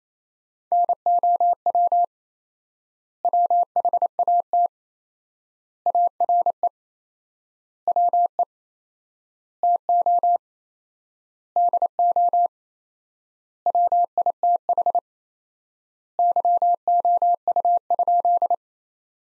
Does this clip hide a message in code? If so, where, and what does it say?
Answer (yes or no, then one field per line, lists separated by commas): yes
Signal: Morse code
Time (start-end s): 0.7-18.5 s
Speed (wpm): 28 wpm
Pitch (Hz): 700 Hz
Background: none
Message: NOW WHAT ARE WE TO DO WITH YOU?